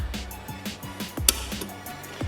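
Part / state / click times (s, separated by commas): retaining clamp into a headlight housing / seated / 1.3 s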